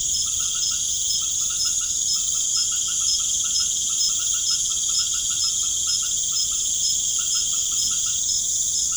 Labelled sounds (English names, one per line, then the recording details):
none
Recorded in pastures near Puerto Asís, Putumayo, Colombia, on 21 March 2025 at 19:00
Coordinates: 0.505, -76.324
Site GP08